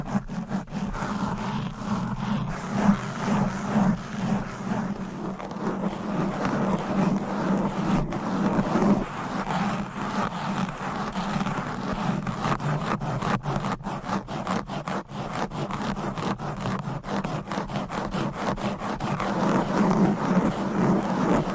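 Fast, aggressive scratching of fingernails across a microphone cover runs without a break for the whole stretch, a dense, rasping friction with a strong low hum underneath. Quick sharp ticks and scrapes crowd together, thickening toward the end, and the loudness stays high throughout.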